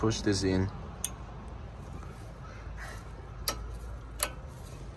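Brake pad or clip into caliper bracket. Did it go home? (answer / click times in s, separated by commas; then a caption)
yes / 3.5 s, 4.2 s. Someone talks briefly while a metal brake pad or its retaining clip is pushed into the caliper bracket during a brake pad and rotor change on a Lexus CT200h/Prius. After a small tick at 1.0 s, sharp clicks come at 3.5 s and 4.2 s as the pad seats in the bracket.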